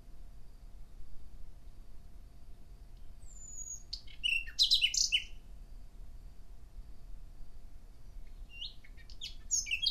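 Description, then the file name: Common nightingale song: after a few quiet seconds, a clear whistle followed by a burst of varied high notes, rapid clicks and warbles, then a pause and more scattered high phrases over a low rumbling background. "Nachtigall"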